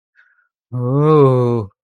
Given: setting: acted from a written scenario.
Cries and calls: vocal sound without words; serenity

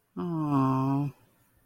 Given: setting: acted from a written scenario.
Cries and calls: vocal sound without words; sympathy

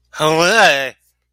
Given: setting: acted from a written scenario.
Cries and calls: vocal sound without words; negative surprise

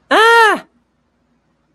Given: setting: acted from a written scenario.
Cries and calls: vocal sound without words; negative surprise

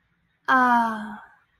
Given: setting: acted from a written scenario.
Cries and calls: vocal sound without words; serenity

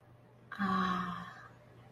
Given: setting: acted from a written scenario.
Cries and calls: vocal sound without words; awe

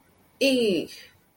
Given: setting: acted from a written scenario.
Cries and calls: vocal sound without words; pain

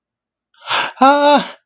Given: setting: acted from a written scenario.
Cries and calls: vocal sound without words; distress

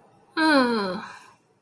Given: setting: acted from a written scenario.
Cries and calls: vocal sound without words; distress

